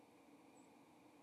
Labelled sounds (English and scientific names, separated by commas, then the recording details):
White-throated Sparrow (Zonotrichia albicollis) flight call
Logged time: 07:36 on 2 December 2014